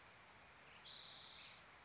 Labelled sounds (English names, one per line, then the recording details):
Spotted Towhee
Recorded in Sonoma County, California